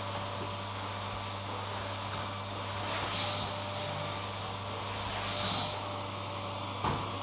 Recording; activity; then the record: daily activity, microphone in the room; vacuum cleaning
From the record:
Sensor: 1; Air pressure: 988.7 hPa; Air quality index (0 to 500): 198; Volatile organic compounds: 986 ppm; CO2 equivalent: 5282 ppm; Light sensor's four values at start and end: 24/92/34/36 and 22/84/31/32